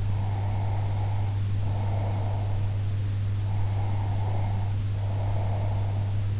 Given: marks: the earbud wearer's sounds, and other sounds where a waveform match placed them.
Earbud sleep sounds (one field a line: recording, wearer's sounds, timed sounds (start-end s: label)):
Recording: sounds in sleep by an in-ear microphone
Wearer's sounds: breath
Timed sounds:
0.10-2.73 s: breath
3.39-6.13 s: breath